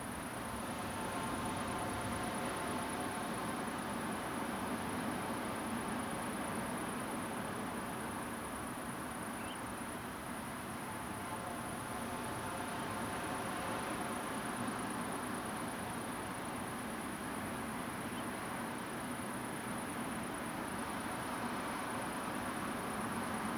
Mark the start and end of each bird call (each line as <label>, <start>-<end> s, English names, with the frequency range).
Common Ringed Plover (2.2-3.2 kHz), 9.39-9.58 s